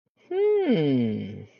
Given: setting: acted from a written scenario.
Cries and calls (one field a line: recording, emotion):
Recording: vocal sound without words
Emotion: interest